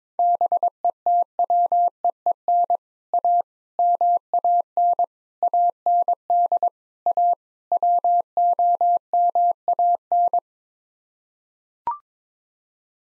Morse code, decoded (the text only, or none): BETWEEN A MAN AND A WOMAN